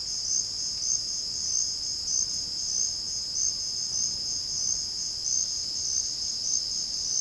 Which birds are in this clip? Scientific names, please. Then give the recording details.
none. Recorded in dense forest near Puerto Asís, Putumayo, Colombia, on 19 February 2024 at 08:30. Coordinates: 0.485, -76.325. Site G6429